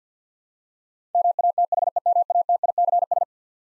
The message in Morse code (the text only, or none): MATHEMATICS